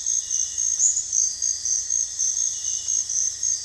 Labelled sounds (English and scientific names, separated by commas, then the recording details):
none
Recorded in dense forest near Puerto Asís, Putumayo, Colombia, on 18 February 2024 at 05:30
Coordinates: 0.485, -76.322
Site G6406